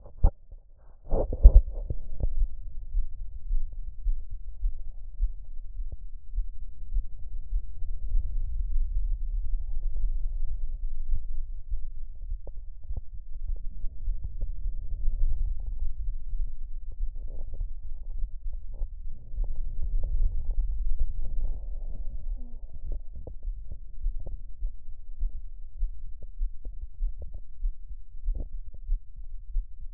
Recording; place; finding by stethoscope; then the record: heart sounds by stethoscope; aortic valve (AV); normal heart sounds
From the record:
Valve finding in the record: normal valve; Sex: female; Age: 59 years